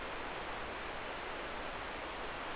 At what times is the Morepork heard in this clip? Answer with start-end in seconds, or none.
none